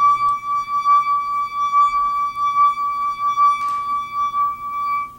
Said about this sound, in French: Sais-tu ce qui fait ce beau son-là? C'est mon doigt qui glisse sur le bord du verre à vin. Je le mouille. Je le fais glisser. Puis ça fait ça.